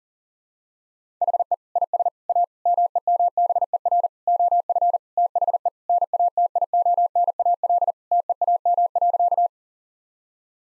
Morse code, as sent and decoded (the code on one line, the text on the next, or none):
.... . / .. ... / .- / -- . -- -... . .-. / --- ..-. / - .... . / -. .- - .. --- -. .- .-.. / - . .- -- .-.-.-
HE IS A MEMBER OF THE NATIONAL TEAM.